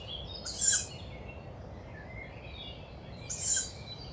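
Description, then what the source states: Tawny owl chick uttering two husky hissing calls about three seconds apart, with faint whistling birds behind. Young wild tawny owl overhead near a nest site, Bois de Vincennes, France, woodland, 29 May 2019 at 5:15 am; characteristic breathy call of young owls; recorded with Mixpre-3 and two MKH40 microphones.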